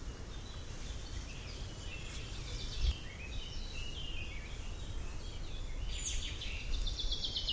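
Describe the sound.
Bird calls, several thin chirps and trills that grow busier near the end, over a constant low-pitched background rumble.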